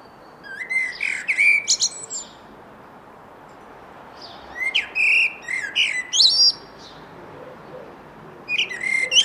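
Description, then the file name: Eurasian blackbird song: fluty phrases ending in high scratchy twitters, two full phrases separated by pauses, then the start of a third. "Turdus merula"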